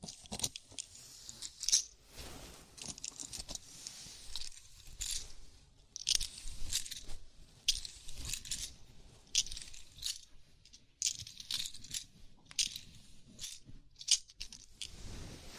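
A scalp massage, with fingers scratching and rubbing through hair in quick crackling bursts. The sounds are bright and crisp, coming in uneven waves every second or so with short quiet gaps, over a faint low rumble in the background.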